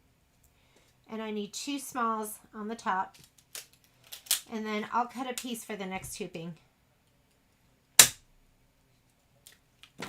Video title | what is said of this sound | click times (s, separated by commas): A1 Vac & Sew Kimberbell Hello Sunshine Applique blocks: Cupcakes, Ladybugs, Ice Cream Cones, Kites | I just love the ways these kind of just snap into place and | 8.0 s